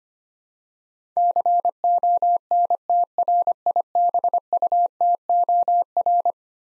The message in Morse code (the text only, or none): CONTRIBUTOR